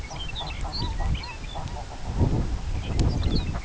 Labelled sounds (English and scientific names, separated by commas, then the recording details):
Lapland Longspur (Calcarius lapponicus), unidentified sound
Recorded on Arctic tundra, site CORI-1, on 13 June 2018
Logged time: 16:00